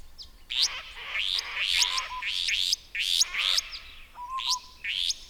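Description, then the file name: Restless flycatcher repeating rough, buzzy rising notes in quick pairs and triplets, with a brief low whistled note near the end. "Myiagra Inquieta"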